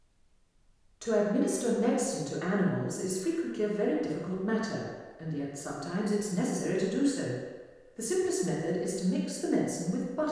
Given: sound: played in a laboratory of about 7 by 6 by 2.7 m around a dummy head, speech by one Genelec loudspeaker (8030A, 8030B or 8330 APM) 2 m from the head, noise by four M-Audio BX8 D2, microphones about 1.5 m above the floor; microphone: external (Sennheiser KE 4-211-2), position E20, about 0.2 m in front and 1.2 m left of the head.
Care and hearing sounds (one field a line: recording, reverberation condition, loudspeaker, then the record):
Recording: female speech in English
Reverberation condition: high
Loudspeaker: 150 degrees to the left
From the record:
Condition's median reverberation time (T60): about 1300 ms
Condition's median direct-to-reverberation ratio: about -4.0 dB